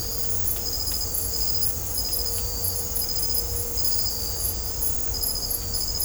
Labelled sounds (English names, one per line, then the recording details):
none
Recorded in dense forest near Puerto Asís, Putumayo, Colombia, on 20 December 2024 at 00:00
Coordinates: 0.503, -76.323
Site G043